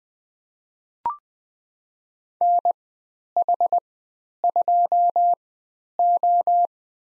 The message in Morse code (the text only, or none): NH2O